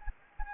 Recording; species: mosquito wingbeat signal from an infrared sensor; Anopheles gambiae